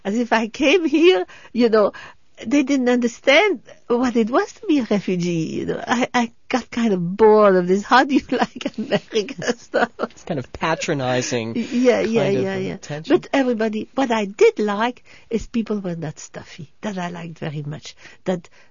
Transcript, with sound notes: As if I came here, you know, they didn't understand what it was to be a refugee. I got kind of bored of this, "How do you like America?" ( she laughs )
It's kind of patronizing.
Yeah, yeah, yeah, yeah. But everybody, what I did like is people were not stuffy, that I liked very much that,